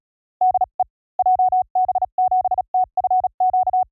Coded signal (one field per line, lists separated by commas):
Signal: Morse code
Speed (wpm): 36 wpm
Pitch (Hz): 740 Hz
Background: none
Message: DE JB7TFQ